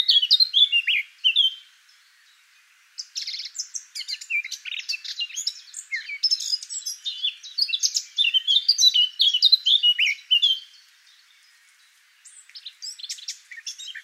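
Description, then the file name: Eurasian blackcap song in bursts: a loud twittering opening, a short gap, a long energetic warble, then another pause before a final brief phrase. "Sylvia atricapilla"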